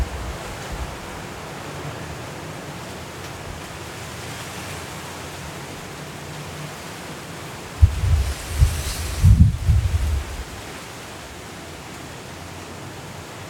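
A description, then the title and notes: Hurricane winds roar in a steady, dense hiss across the whole recording, with a low rumble underneath. Around the eighth to tenth seconds a stronger gust swells, bringing louder low thumps and a brighter rushing burst before the wind settles back to its constant wash. Hurricane Kay in Los Cabos at Midnight. The sound of the wind, rain and city.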